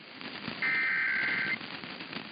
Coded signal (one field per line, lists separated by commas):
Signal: Emergency Alert System (SAME) tones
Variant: header bursts